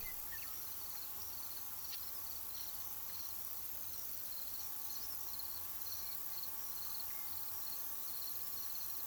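Crickets trill in quick repeated bursts at two pitches, continuous over soft hiss, with a few faint brief chirps from another creature.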